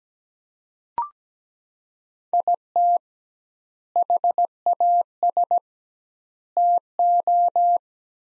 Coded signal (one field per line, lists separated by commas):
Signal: Morse code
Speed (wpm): 17 wpm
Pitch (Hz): 700 Hz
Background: none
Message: IT HAS TO